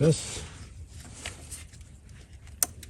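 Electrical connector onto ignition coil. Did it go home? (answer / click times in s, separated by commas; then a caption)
yes / 2.6 s. A black plastic electrical connector is pushed onto a new ignition coil while someone talks at the start. After quiet shuffling, a single sharp click at 2.6 s marks the connector latching, and it is seated.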